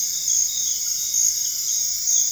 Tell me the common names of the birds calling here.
none